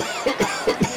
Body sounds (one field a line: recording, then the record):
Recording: coughing mixed with background sound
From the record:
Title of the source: Dry Afternoon Cough